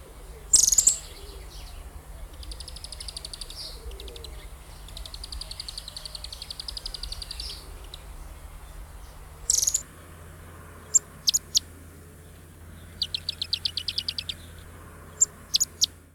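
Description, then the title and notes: White-crested tyrannulet uttering high, fast sputtering trills in several separate bursts, interrupted by a few sharp loud clicks over a steady low hum. Bahía Blanca area, Argentina. "Museo de Ciencias de Bahía Blanca. Piojito (Serpophaga subcristata)"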